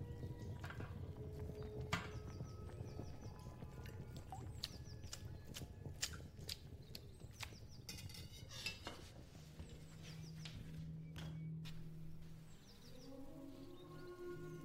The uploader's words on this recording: 19th century | Vintage kitchen ASMR Ambience | cooking with oldies playing. Granny is cooking in the kitchen while oldies music playing from living room.